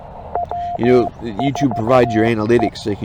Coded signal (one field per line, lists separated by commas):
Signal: Morse code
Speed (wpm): 15 wpm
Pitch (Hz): 700 Hz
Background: speech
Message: W4E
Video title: Parks on the Air in CW - K-2943 10 May